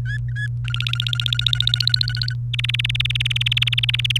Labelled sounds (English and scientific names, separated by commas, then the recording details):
Domestic Canary (Serinus canaria) song
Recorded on 28 April 2018 at 17:23
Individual llb3